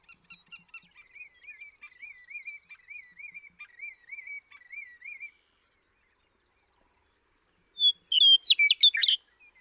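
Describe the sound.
Western meadowlark song: a loud burst of fluty whistles and gurgles near the end, after another bird's steady series of short, repeated trilled notes.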